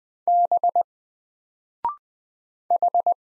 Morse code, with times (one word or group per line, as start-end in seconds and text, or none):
0.3-0.8 B
2.7-3.1 H